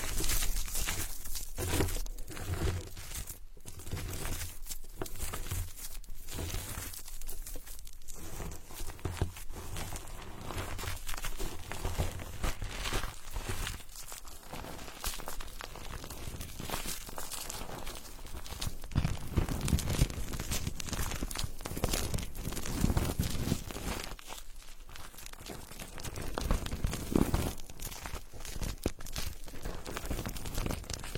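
Foam rubs and drags against wood in a continuous rustle, with dense crinkly scraping throughout and brief gaps near 3, 5 and 8 seconds. Around 19 to 22 seconds the friction grows heavier and lower, with rougher pressing strokes, then eases again.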